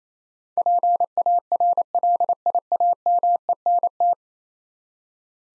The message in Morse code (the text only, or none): PARLIAMENT